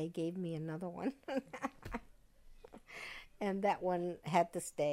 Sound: she laughs

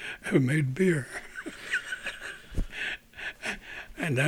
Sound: he laughs

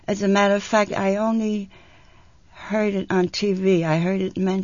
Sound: none

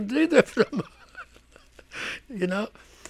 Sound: he laughs

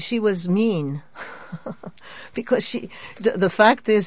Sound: she laughs

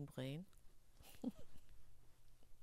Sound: chuckles

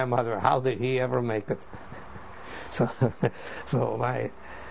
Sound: he laughs

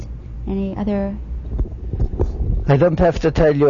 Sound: microphone noise

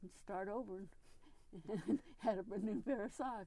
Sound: chuckles

